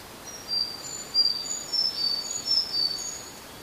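Sakhalin leaf warbler, a series of thin, high whistled notes against soft background noise.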